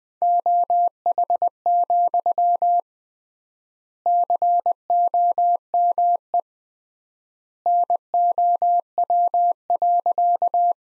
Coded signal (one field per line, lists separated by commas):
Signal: Morse code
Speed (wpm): 20 wpm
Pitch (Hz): 700 Hz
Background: none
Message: OH, COME NOW.